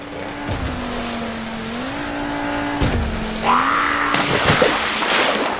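A speedboat engine, started with a pull cord, hums steadily with pitch rising and dipping as it revs, punctuated by a few sharp mechanical clunks, then a louder, higher surge of engine noise toward the end.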